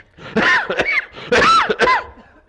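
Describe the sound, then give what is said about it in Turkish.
Two strained, raspy coughing fits during a sermon at the Ulu Mosque in Erzurum, 1990, each a cluster of harsh bursts with a hoarse, groaning voiced edge, separated by a short pause and fading into quiet breathing. “Anacığım, böyle öksürükle de sen anlatılmazdın ama.”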